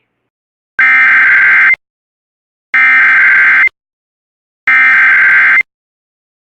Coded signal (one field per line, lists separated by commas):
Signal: Emergency Alert System (SAME) tones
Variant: header bursts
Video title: EAS #46-52: Seven WX Alerts (WJON/IP Relays)